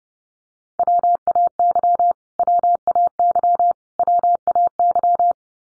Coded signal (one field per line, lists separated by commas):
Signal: Morse code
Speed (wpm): 29 wpm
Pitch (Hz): 700 Hz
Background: none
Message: WAY WAY WAY